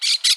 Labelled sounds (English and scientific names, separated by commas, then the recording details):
Brown-throated Parakeet (Eupsittula pertinax) contact call
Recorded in Aruba
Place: hill w/tanki N of Savaneta
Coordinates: 12.461, -69.944